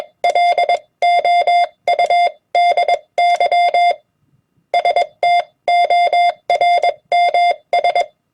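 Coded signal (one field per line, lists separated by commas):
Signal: Morse code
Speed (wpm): 21 wpm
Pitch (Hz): 700 Hz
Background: none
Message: LOUDY STORMS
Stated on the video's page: Common amateur CW QSO abbreviations and words sent on a key at 20 wpm.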